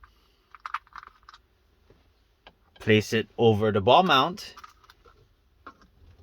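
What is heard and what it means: The socket of a Vicseed car vent phone mount's phone holder is handled and placed over the plastic ball mount of the vent clip, with a cluster of small sharp plastic clicks and taps around 0.6–1.3 s. Someone then talks, followed by a few faint taps near 4.9 s and 5.7 s. Nothing has snapped or seated yet.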